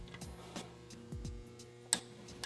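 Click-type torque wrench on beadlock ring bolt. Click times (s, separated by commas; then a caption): 1.9 s. A click-type torque wrench set to 18 ft-lb ratchets the 6 o'clock bolt on the beadlock ring of an R35 Rambler forged beadlock wheel, with soft ratcheting ticks over a steady low tonal background. The wrench gives a sharp click at 1.9 s, confirming the bolt has reached its torque setting, followed by a fainter tick at 2.4 s.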